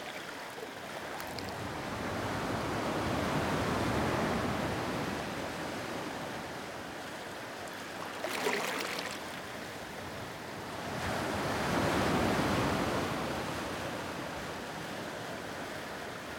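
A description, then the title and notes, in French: Sea waves roll in a dense, continuous wash of surf that swells slowly, cresting around four seconds and again near twelve. A brief brighter hiss breaks through just past eight seconds, and the low rumble underneath never lets up. Presque rien > Islande.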